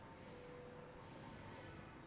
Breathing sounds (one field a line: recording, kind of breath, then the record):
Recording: one breath in and out by a microphone near the nose and mouth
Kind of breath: normal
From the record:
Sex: male